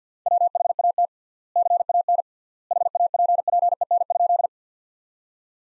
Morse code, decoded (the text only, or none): WHAT CAN HAPPEN?